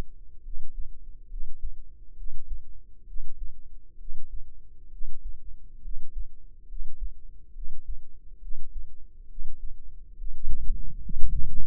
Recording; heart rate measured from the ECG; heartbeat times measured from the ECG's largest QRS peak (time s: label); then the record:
heart sounds by microphone in the left ear; 68 bpm
0.42 s: heartbeat
1.28 s: heartbeat
2.15 s: heartbeat
3.05 s: heartbeat
3.97 s: heartbeat
4.89 s: heartbeat
5.81 s: heartbeat
6.66 s: heartbeat
7.52 s: heartbeat
8.39 s: heartbeat
9.27 s: heartbeat
10.15 s: heartbeat
11.01 s: heartbeat
From the record:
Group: healthy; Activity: rest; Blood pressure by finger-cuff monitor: 106/69 mmHg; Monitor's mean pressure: 81 mmHg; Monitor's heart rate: 69 bpm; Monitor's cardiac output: 5.4 L/min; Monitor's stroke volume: 77 mL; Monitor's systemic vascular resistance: 1090 dyn s/cm5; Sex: female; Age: 22 years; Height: 160 cm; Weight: 45 kg